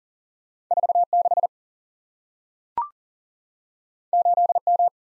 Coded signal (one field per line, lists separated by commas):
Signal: Morse code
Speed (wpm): 38 wpm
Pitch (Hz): 700 Hz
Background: none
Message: 46 8M